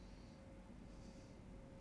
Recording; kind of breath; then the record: one breath in and out by a microphone near the nose and mouth; normal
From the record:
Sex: male